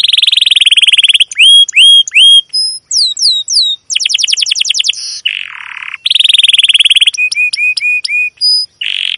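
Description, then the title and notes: Domestic canary song: dense buzzy trills alternating with rising whistles, downswept chirps, a low rolling phrase and short repeated flat notes. Long, emotive chirping canary song used as a lure and master recording for training young canaries to learn the sound. "CUIT CUIT NGEROL LANGSUNG GACOR PANJANG Kenari Ini AMPUH Utk Pancingan KENAR. PANCINGAN Kenari GACOR PANJANG Cuit CUIT EMOSI ini AMPUH utk MASTERAN Kenari PAUD belajar BUNYI. burung kenari"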